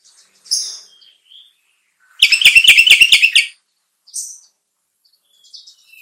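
Bulbul song: brief high notes, then a loud rapid chattering trill lasting about a second, followed by scattered softer calls.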